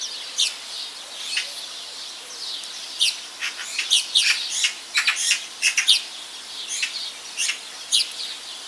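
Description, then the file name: Eurasian magpie giving harsh, noisy chak notes, single and in quick clusters, scattered irregularly throughout over a faint steady hiss. "Pica pica"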